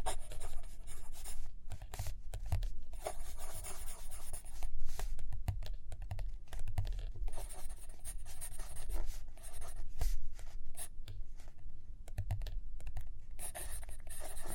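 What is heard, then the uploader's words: Pencil writing and drawing on paper, a continuous run of short scratchy strokes with frequent light taps. The strokes come in quick, irregular bursts, with brief pauses around seconds 2, 9 and 11. A low rumble sits underneath throughout. Page Turning and Tapping, Writing, Drawing.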